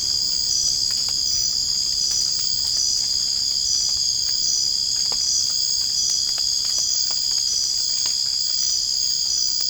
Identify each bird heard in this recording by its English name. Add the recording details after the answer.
none. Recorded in dense forest near Puerto Asís, Putumayo, Colombia, on 27 June 2025 at 01:30. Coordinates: 0.481, -76.323. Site G072